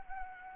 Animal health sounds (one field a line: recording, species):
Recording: mosquito wingbeat signal from an infrared sensor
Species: Anopheles arabiensis